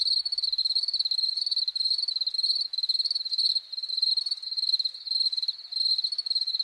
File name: Grillon champetre